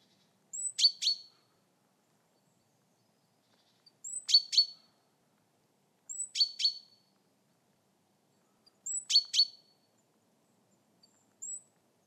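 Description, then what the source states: Java sparrow giving repeated high calls, a thin note then a tight pair of sharp chips, four bursts a few seconds apart, ending with a single thin note. Female call.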